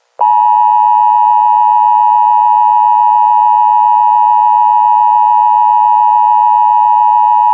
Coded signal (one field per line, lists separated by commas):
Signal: Emergency Alert System (SAME) tones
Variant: 853 and 960 Hz attention tone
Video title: EAS 4: Wasting Away